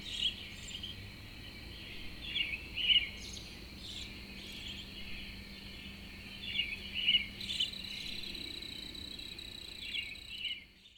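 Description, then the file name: Cricket holding a continuous high trill that cuts off at the end, with scattered bird chirps and twitters over it. A lone cricket in the early morning with birds, April 2012. "freesound Early AMBirds Lone Cricket April 2012"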